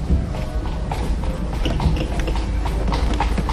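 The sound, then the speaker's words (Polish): Horse hooves clip-clop in a steady, even rhythm as a carriage is pulled along, the sharp clacks riding over a constant low rumble of wheels and street noise. “No i większość dorożkarzy ma więcej niż jednego konia i wymienia po prostu.”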